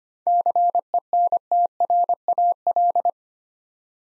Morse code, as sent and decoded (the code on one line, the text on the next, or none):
-.-. . -. - .-. .- .-..
CENTRAL